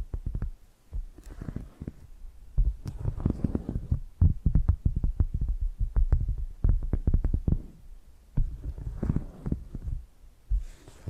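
Tapping sounds come in quick, irregular runs of dull, low, thumping knocks, dense through the middle of the clip and sparser near the start and around the eighth second. Brief brighter, scratchy bursts appear near the third, ninth and eleventh seconds.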